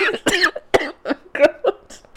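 An adult woman with a really bad cough after being sick for a while coughs, with wheezing.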